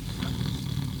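Low, rumbling snoring from a sleeper lying nearby.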